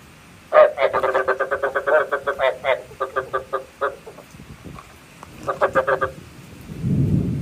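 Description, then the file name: A frog lets out a fast series of rasping croaks that slows and fades, a second short burst follows, then a low rumble. Male frogs calling, used to stimulate frogs to pair for breeding. "tieng ech duc keu kich thich ech ghep cap sinh san"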